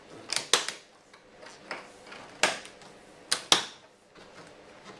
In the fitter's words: and you're just going to want to start at the top and just gently push them on until you hear them click and just